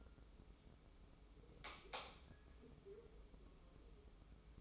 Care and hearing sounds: daily activity, microphone in the room; light on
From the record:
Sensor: 1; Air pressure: 995.4 hPa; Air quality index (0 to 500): 25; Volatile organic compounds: 0 ppm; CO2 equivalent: 500 ppm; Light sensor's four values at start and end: 10/24/9/10 and 11/28/11/12

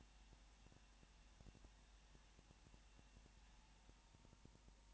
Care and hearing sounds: daily activity, microphone in the room; no activity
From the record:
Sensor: 1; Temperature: 19.7 degrees Celsius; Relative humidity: 40.5%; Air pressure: 1010.6 hPa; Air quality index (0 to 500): 209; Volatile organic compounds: 56 ppm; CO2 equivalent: 3372 ppm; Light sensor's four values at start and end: 1/2/1/1 and 1/2/1/1

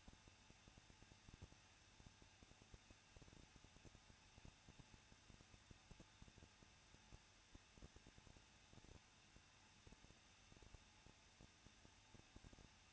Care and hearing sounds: daily activity, microphone in the room; no activity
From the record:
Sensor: 2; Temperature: 21.0 degrees Celsius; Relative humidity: 37.5%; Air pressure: 1006.2 hPa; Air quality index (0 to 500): 224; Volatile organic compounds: 25 ppm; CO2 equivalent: 2846 ppm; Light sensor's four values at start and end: 2/3/2/2 and 2/3/2/2

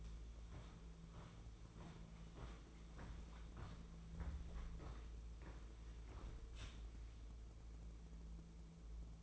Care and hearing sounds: daily activity, microphone in the room; walk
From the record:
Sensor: 1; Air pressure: 1005.6 hPa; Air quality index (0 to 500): 127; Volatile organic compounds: 5 ppm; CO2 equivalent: 1779 ppm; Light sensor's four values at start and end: 11/26/10/11 and 11/27/11/12

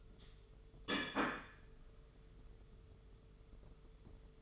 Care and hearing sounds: daily activity, microphone in the room; place plate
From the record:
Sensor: 4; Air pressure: 995.2 hPa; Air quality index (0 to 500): 196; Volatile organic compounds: 131 ppm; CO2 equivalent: 3936 ppm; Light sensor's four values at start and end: 10/25/9/11 and 10/25/9/11

